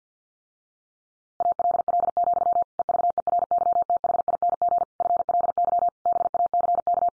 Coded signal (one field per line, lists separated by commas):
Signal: Morse code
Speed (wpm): 50 wpm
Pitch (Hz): 700 Hz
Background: none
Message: ALL, EVERYTHING FLY BACK